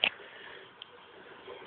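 The blade guard assembly on the riving knife of a Grizzly G0715P hybrid table saw is lifted so it pops up and out of the way, with a sharp hit at 0.0 s. A fainter tick follows at 0.8 s, then low background noise that swells slightly at the end. The guard is released and clear of the blade.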